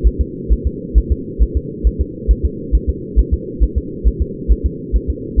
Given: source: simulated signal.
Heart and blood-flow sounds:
fetal heart sounds
0.07 s: S1
0.21 s: S2
0.53 s: S1
0.67 s: S2
0.98 s: S1
1.12 s: S2
1.43 s: S1
1.57 s: S2
1.87 s: S1
2.01 s: S2
2.31 s: S1
2.45 s: S2
2.75 s: S1
2.89 s: S2
3.19 s: S1
3.34 s: S2
3.63 s: S1
3.78 s: S2
4.07 s: S1
4.22 s: S2
4.52 s: S1
4.66 s: S2
4.96 s: S1
5.10 s: S2
5.40 s: S1
From the record:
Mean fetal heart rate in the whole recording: 135 bpm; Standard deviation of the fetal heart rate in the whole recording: 3 bpm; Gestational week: 34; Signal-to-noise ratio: -4.1 dB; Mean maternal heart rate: no maternal heart sound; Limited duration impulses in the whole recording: absent

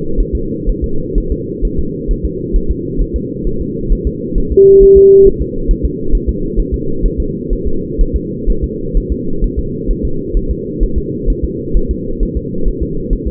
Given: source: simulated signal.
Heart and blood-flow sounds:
fetal heart sounds
0.20 s: S1
0.35 s: S2
0.69 s: S1
0.84 s: S2
1.18 s: S1
1.32 s: S2
1.65 s: S1
1.79 s: S2
2.11 s: S1
2.25 s: S2
2.56 s: S1
2.71 s: S2
3.02 s: S1
3.16 s: S2
3.47 s: S1
3.61 s: S2
3.92 s: S1
4.07 s: S2
4.38 s: S1
4.52 s: S2
4.83 s: S1
4.97 s: S2
5.27 s: S1
5.42 s: S2
5.71 s: S1
5.85 s: S2
6.15 s: S1
6.29 s: S2
6.59 s: S1
6.74 s: S2
7.06 s: S1
7.20 s: S2
7.53 s: S1
7.67 s: S2
8.01 s: S1
8.16 s: S2
8.50 s: S1
8.64 s: S2
8.97 s: S1
9.12 s: S2
9.44 s: S1
9.59 s: S2
9.91 s: S1
10.05 s: S2
10.37 s: S1
10.51 s: S2
10.83 s: S1
10.98 s: S2
11.30 s: S1
11.44 s: S2
11.77 s: S1
11.91 s: S2
12.23 s: S1
12.37 s: S2
12.68 s: S1
12.83 s: S2
13.13 s: S1
13.27 s: S2
From the record:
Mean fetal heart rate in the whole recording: 130 bpm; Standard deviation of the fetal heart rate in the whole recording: 4 bpm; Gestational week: 38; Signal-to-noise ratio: -8.1 dB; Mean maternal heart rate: 72 bpm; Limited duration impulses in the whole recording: present

